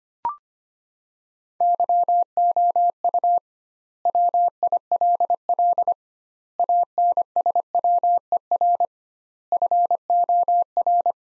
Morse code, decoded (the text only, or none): YOU WILL ANSWER FOR